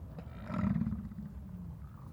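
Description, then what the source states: Bison bellow, a single short, deep growling roar that fades into low rumbling. In Yellowstone during the rut.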